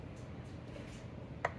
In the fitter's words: turn it backwards till it clicks like it just did that's the threads lining up and seating in and then you can